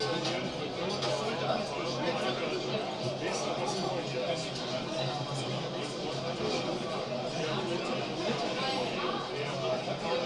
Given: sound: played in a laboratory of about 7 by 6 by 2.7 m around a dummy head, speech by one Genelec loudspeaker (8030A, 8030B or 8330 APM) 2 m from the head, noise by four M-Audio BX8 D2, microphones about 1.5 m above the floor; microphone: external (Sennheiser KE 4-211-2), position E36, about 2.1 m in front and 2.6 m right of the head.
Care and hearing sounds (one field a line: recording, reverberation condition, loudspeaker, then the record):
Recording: cafeteria noise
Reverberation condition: low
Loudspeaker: four, about 170 cm from the corners of the room and facing them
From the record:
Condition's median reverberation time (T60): about 310 ms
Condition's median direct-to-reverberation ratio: about 3.5 dB